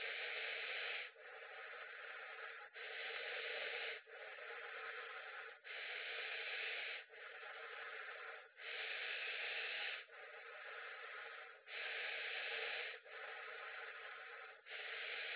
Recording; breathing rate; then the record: paced breathing near a phone; 20 breaths a minute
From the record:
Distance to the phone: 20 cm